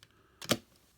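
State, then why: Seated. A small plastic hook latch on a toy Trigger Machine clicks into place with a sharp click at 0.5 s. The click comes just after a softer onset at 0.4 s, and a faint tick is heard at the start. The hook is seated.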